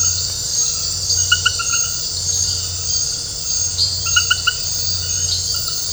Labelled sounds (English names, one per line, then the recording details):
none
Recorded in dense forest near Puerto Asís, Putumayo, Colombia, on 19 March 2025 at 22:00
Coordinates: 0.468, -76.322
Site GP01